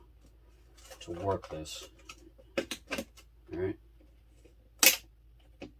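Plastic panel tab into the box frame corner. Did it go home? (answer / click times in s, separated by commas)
yes / 5.6 s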